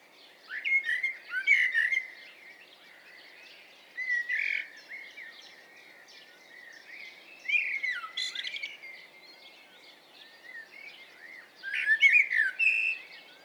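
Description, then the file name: Eurasian blackbird song of several mellow whistled phrases separated by pauses, over a faint steady background hiss. "Turdus merula"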